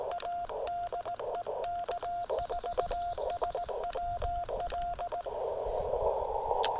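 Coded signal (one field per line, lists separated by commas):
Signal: Morse code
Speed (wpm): 18 wpm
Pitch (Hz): 700 Hz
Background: radio noise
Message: A DE K4SWL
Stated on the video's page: Park activation using a Yaesu FT-817ND, LDG Z-100 Plus tuner and Chameleon Emcomm III portable antenna.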